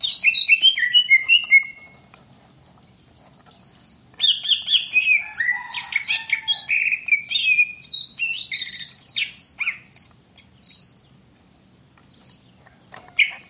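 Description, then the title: Greater green leafbird singing in bursts: a quick twittering phrase, a few seconds of quiet, then a long jumble of high chirps and whistles. "KICAU BURUNG CUCAK IJO"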